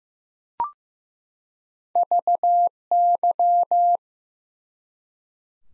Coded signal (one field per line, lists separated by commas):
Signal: Morse code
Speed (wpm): 15 wpm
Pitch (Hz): 700 Hz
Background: none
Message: VY